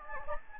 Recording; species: mosquito wingbeat signal from an infrared sensor; Anopheles gambiae